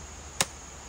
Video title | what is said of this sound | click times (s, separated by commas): WALKSIT Carbon Cane Chair Demo and Details | pops right into place so the seat deploys by just a quick little snap | 0.4 s